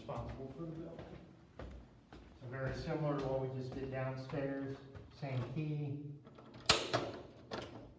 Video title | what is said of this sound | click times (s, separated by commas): North quad | pop it out make sure it's locked if you're opening push the bar in | 6.7 s